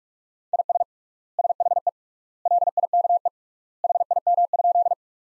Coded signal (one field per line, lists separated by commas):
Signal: Morse code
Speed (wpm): 42 wpm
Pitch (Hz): 700 Hz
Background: none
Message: IS SHE LIKE HIM?